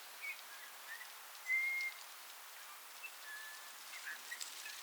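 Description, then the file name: Eurasian bullfinch call: one soft, level piping whistle held for under half a second, with a few fainter notes and light background hiss around it. "Pyrrhula pyrrhula"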